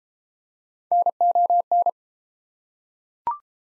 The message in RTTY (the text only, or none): none